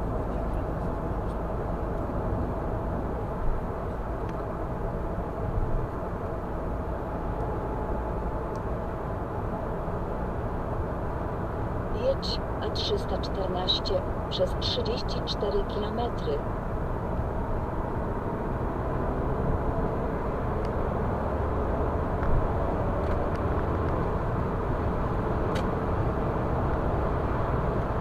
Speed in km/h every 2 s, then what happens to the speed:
76, 78, 78, 82, 84, 85, 85, 86, 88, 94, 102, 109, 111, 114.
0-28 speeds up to 114.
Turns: none.